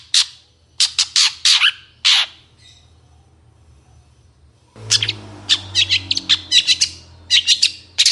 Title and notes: Cendet Gacor Dor Di Kala Pagi Toet Toet Variasi Suara Jernih Mudah Di Tiru. Burung cendet